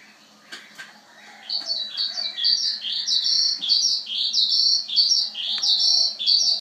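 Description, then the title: Javan bush lark song starting after a quiet second and a few clicks, then fast high chirped phrases repeating steadily, with a faint low hum beneath. "Suara Burung Branjangan"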